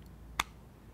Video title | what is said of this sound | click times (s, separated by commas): The Perfect Magazine Pouch | but not too much so you'll notice it's going to lock up on the little Notch right there and you'll kind of hear it click | 0.4 s